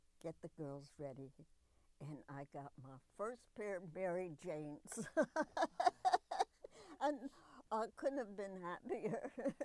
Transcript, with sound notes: "Get the girls ready," and I got my first pair of Mary Janes! [Laughs] And I couldn't have been happier!